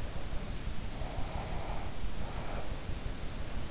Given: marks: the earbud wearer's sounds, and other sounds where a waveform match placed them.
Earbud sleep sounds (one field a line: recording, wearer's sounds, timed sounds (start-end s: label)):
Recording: sounds in sleep by an in-ear microphone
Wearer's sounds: breath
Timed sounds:
0.87-3.35 s: breath